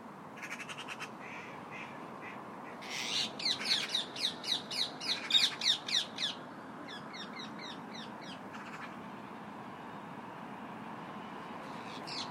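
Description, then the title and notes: Parakeets calling as a flock: scattered shrill squawks build into a dense, rapid burst of overlapping screeches, then thin out to a few calls. A flock of parakeets settling down for the night in Victoria Park in the evening. "A bunch of parakeets were settling down for the night in Victoria Park"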